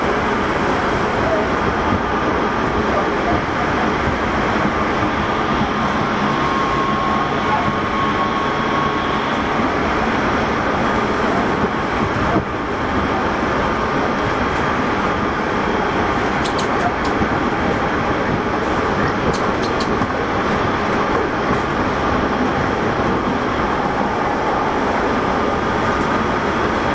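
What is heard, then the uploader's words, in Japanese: A Tobu 30000 series train runs with a steady, dense rumble and roar, a faint thin whine throughout, and brief clicks near seventeen and twenty seconds. 東武30000系 渋谷〜あざみ野。車体20m両開き4ドア。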